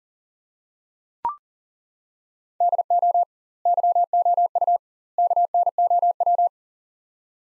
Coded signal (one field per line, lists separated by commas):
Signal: Morse code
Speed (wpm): 37 wpm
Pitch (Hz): 700 Hz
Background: none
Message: DO YOU KNOW